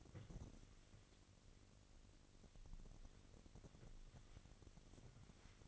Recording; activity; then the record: daily activity, microphone in the room; wipe stove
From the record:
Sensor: 4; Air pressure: 1002.4 hPa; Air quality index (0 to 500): 215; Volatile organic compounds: 11 ppm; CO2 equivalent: 2322 ppm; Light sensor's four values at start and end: 18/66/24/24 and 18/66/24/24